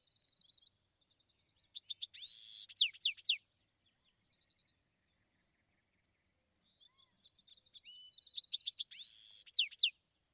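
Bewick's wren giving two full song phrases of buzzy trills and falling whistled notes, separated by quiet high twittering.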